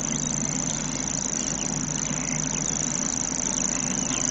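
Grasshopper warbler song heard as an unbroken, very high, ticking reel throughout, with faint bird calls and low background noise.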